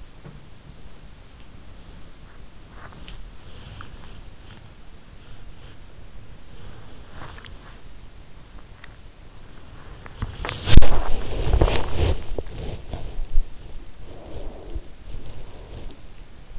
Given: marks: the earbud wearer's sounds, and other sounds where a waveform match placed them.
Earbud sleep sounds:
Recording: sounds in sleep by an in-ear microphone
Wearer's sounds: teeth grinding, body movement, breath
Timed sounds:
0.00-0.78 s: teeth grinding
2.79-4.61 s: teeth grinding
6.69-9.23 s: teeth grinding
10.00-13.64 s: body movement
14.16-16.30 s: breath

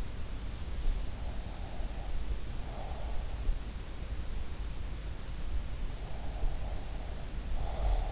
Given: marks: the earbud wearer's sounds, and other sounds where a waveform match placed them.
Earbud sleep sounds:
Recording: sounds in sleep by an in-ear microphone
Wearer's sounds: breath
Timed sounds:
1.30-3.22 s: breath
5.96-8.12 s: breath

